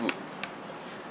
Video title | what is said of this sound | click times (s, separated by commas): Tutorial: How To Mount a G&P M203 | push back, and then you hear a small click, and then you can see there's a slot | 0.1 s